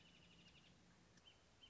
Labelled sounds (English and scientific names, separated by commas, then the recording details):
Wrentit (Chamaea fasciata)
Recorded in Sonoma County, California